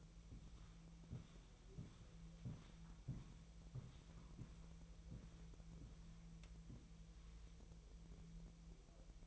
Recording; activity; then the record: daily activity, microphone in the room; walk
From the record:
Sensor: 1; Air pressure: 1002.0 hPa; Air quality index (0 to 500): 238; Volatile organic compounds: 96 ppm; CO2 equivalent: 3731 ppm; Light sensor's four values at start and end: 8/20/8/9 and 9/21/8/10